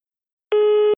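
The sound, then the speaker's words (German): After silence, a single steady electronic telephone tone sounds at a fixed mid pitch with harmonics, holding for about half a second before cutting off abruptly, just before a voicemail message plays. “Jetzt hörst du die erste Nachricht am Telefon.”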